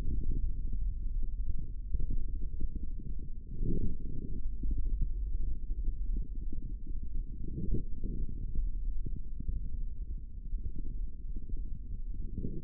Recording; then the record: forearm muscle sounds (acoustic myography)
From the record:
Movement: hand opening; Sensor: system 3, bracelet of six PUI Audio POM-2738L microphones around the upper forearm, with dedicated amplification and filtering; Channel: 6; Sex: male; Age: 25 years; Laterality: right